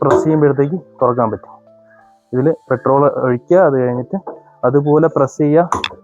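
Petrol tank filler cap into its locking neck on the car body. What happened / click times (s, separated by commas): Handled, not yet home: fuel filler cap not yet pressed shut / none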